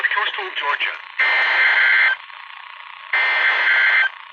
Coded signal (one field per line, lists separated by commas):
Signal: Emergency Alert System (SAME) tones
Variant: header bursts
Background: speech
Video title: EAS timeline severe thunderstorms Charleston South Carolina NOAA Weather Radio